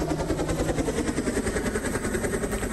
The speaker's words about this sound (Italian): Ah beh, è il drone, oramai c'è un drone per tutti.